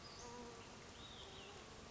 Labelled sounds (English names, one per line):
Olive-sided Flycatcher